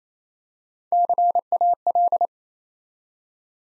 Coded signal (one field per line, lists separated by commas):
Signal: Morse code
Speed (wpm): 29 wpm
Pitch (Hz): 700 Hz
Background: none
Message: CAL